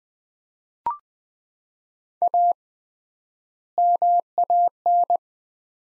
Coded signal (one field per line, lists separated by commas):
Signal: Morse code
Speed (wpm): 20 wpm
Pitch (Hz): 700 Hz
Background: none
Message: A MAN